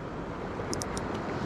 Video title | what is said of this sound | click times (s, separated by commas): Final Fall Steelhead and Truck camping Video 4K | gave him three clicks. | 0.7 s, 0.8 s, 1.0 s